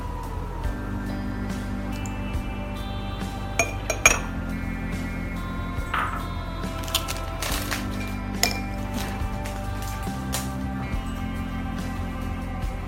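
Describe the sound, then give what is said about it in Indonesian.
Bright glassy clinks and taps ring out irregularly as ingredients, including lime and cinnamon, are dropped into a drinking glass to make a herbal remedy drink, a few sharper knocks standing out over a steady low hum, with no talking. “Kita masukkan semua bahan ke dalam gelas.”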